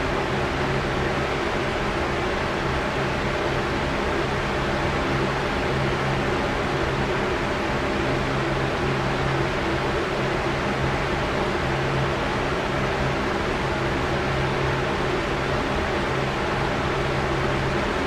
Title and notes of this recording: Box Fan Sounds. Fans produce a white noise sound